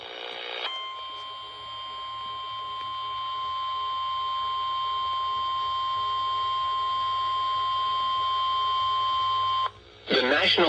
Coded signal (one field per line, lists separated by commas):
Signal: Emergency Alert System (SAME) tones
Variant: 1050 Hz attention tone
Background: speech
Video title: EAS Severe Thunderstorm Warning 6/14/26 EAS#298